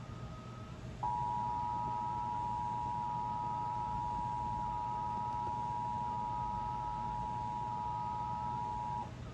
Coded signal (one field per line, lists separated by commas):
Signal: Emergency Alert System (SAME) tones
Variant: 853 and 960 Hz attention tone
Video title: (EAS #372) Tornado Warning for Green, Wisconsin